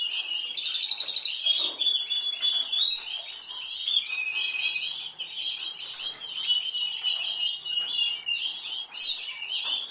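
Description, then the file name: Canary song, an unbroken high warble of rapid trills and twittering with thin whistled notes throughout. "Canary Voice"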